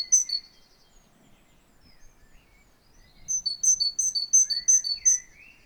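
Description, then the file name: Great tit giving brief high calls, then after a quiet pause a quick chattering series of ringing notes, ending with a soft rising whistle. "Parus major"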